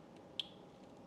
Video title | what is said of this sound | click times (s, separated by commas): MSI RTX 5090 SUPRIM SOC Unboxing & Installation | So I did hear it click in. | 0.4 s